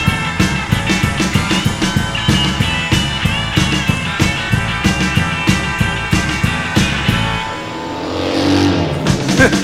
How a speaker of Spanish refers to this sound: Uno de los músicos se dedica nada más. Tiene grabado a la motocicleta y la sube y baja el sonido de vez en cuando. En vez de tocar la guitarra, un poco de motocicleta.